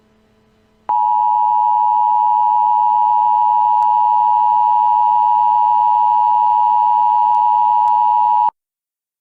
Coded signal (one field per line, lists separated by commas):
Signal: Emergency Alert System (SAME) tones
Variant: 853 and 960 Hz attention tone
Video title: Eas Aliens are you coming